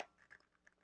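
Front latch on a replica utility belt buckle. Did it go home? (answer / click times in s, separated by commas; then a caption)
released / 0.0 s. The front latch on a plastic NECA Batman 1989 replica utility belt buckle is unlatched, giving a solid-sounding click at 0.0 s. Softer clicks and rattles follow at about 0.2, 0.3 and 0.7 s, and the latch ends up released open.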